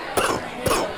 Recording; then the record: coughing mixed with background sound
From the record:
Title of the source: Coughing 79